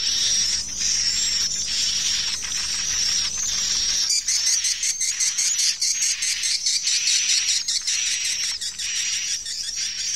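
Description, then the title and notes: Swiftlet chirping: a dense, continuous high twittering with bursts of brighter chirps, turning into faster pulsed chirps partway through. Swiftlet farming, Asia. "Swiflet Bird Sound. Farming Swiflet Bird asia sound"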